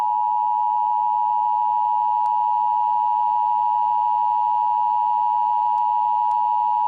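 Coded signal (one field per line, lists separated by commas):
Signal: Emergency Alert System (SAME) tones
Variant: 853 and 960 Hz attention tone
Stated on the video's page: Simulated EAS alert based on a TV episode, using real EAS tones made with PowerPoint, text-to-speech and Audacity.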